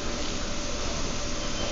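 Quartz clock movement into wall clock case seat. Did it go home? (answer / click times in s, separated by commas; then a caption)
no / none. A replacement plastic quartz clock movement is handled at its seat in a wall clock case, pressed in to lock. Only steady, even broadband noise is heard, with no distinct transients. Nothing has seated or clicked yet.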